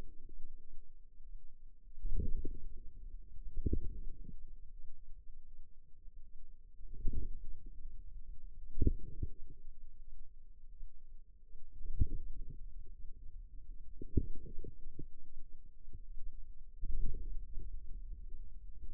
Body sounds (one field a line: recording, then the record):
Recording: forearm muscle sounds (acoustic myography)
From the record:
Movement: inward rotation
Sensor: system 2, bracelet of six BSWA MPA416 microphones around the upper forearm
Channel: 1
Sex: female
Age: 23 years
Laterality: right